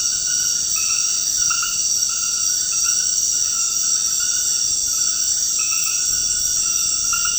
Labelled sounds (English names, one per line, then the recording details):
none
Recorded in dense forest near Puerto Asís, Putumayo, Colombia, on 19 February 2024 at 22:30
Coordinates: 0.472, -76.329
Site G6394